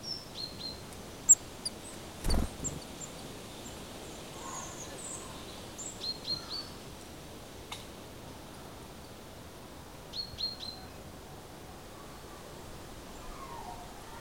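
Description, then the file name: Great tit calling with brief high clustered notes at intervals, mixed with faint clicks, a low knock and soft background noise. "Parus major"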